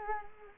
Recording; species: mosquito wingbeat signal from an infrared sensor; Culex quinquefasciatus